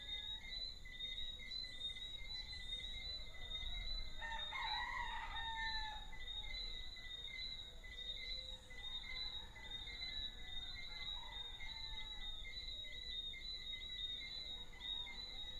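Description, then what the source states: Frogs and roosters: a rooster gives a rough, ragged crow over a steady high chorus of small frogs that keeps pulsing throughout. Small frogs and roosters in an early evening soundscape, Deshaies, Guadeloupe, 19 September 2019.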